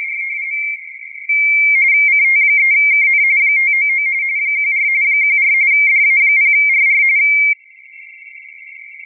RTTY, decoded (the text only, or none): CT3KN 599 14 14 DA0RR